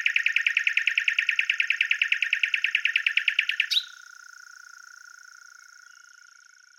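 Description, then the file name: Common nightingale song: a long, fast, even series of loud repeated notes for nearly four seconds, ending in a sharp high flourish, then only a steady hiss. "Luscinia megarhynchos"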